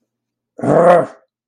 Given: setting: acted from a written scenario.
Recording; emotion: vocal sound without words; anger